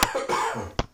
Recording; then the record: coughing mixed with background sound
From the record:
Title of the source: Spring Cold Coughing 2